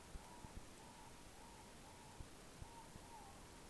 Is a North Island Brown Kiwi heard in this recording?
no